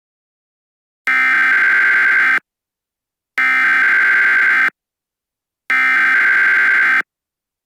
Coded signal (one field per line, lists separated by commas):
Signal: Emergency Alert System (SAME) tones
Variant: header bursts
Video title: EAS Scenario: Tartarus